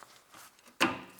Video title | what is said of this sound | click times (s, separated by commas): How to replace rear Brake PADS BMW 3 serie E90. Years 2004 to 2013 | Now they are fine. You heard this click. Excellent. | 0.8 s